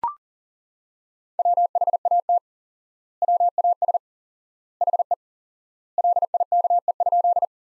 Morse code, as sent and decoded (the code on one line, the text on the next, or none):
.-- .... .- - / .-- .- ... / .... . / .-.. .. -.- . ..--..
WHAT WAS HE LIKE?